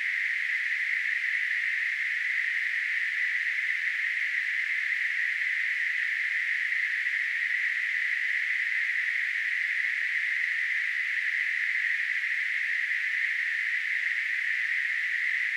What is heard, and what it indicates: Tinnitus.